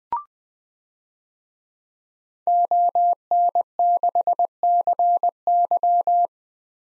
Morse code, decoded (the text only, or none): ON6CY